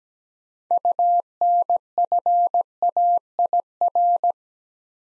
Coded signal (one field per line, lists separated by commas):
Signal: Morse code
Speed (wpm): 17 wpm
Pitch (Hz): 700 Hz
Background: none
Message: UNFAIR